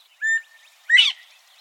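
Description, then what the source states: Northern Bobwhite two-note call, a level clear whistle followed after a pause by a loud upswept whistle. Northern Bobwhite, a small, rotund quail; its call is the source of its name; the recording was made in Texas.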